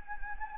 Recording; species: mosquito wingbeat signal from an infrared sensor; Anopheles gambiae